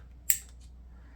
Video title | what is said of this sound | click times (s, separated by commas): Replacing Glass Top On A Stove | until you hear that click okay now we're going to put this top on | 0.3 s